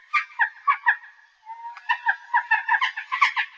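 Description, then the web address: Bird calling in fast runs of harsh, stacked notes, about four notes in the first burst, a short pause, then a longer burst of about ten notes. "musicradar. Birds Various"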